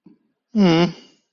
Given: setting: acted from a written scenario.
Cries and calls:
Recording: vocal sound without words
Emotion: embarrassment

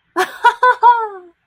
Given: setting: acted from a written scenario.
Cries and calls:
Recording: vocal sound without words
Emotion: elation

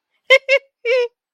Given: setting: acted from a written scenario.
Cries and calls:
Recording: vocal sound without words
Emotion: positive surprise

